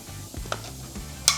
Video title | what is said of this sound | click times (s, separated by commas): How to Install Handgun Optics | Tighten it till it clicks. And you're done. | 1.3 s